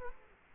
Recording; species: mosquito wingbeat signal from an infrared sensor; Culex quinquefasciatus